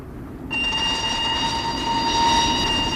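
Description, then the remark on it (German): A train rumbles in at a level crossing abruptly after a brief quiet moment, its loud, steady roar carrying a sustained high-pitched whine that holds unbroken for several seconds with no voices. “Da kommt ein Zug.”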